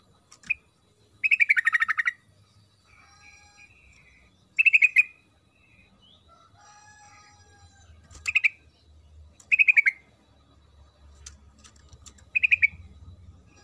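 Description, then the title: Yellow-vented bulbul song: short bubbly bursts of rapid, chattering notes, given roughly every one to four seconds, with faint softer twittering between phrases. Lure recording of energetic forest-style song, played to prompt a bulbul to sing. "GACOR Ropel Ngalas Pancingan Trucukan Agar Bunyi Jadikan Burung Trucuk"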